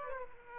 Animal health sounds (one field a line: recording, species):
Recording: mosquito wingbeat signal from an infrared sensor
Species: Aedes aegypti